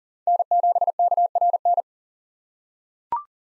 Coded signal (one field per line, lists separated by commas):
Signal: Morse code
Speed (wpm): 40 wpm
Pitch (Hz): 700 Hz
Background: none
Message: N7KRN